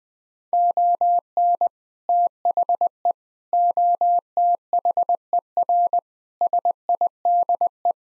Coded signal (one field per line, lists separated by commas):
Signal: Morse code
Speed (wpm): 20 wpm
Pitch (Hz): 700 Hz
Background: none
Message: ON THE OTHER SIDE